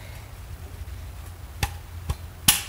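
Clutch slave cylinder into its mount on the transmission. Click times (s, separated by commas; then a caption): 2.5 s. A clutch slave cylinder is bumped with the palm of the hand into its mount on the M66 transmission of a Volvo V70R during a clutch kit install. Two softer knocks at 1.6 s and 2.1 s are followed by a sharp, loud click at 2.5 s as it seats.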